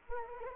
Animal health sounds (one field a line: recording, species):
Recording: mosquito wingbeat signal from an infrared sensor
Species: Anopheles arabiensis